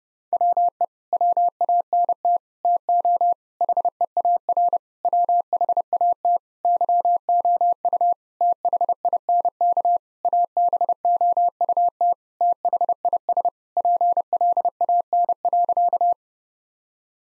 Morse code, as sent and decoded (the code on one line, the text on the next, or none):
.-- . / .-- .- -. - / - --- / .... . .- .-. / .-- .... .- - / -.-- --- ..- / - .... .. -. -.- / .- -... --- ..- - / - .... .. ... / .--. .-.. .- -. .-.-.-
WE WANT TO HEAR WHAT YOU THINK ABOUT THIS PLAN.